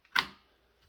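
A DDR5 memory stick is pressed down into a motherboard DIMM slot until the retention latches close, giving a faint click at 0.1 s and then a sharp, louder click at 0.2 s. The snap rings briefly and fades into low background hum. The stick is seated.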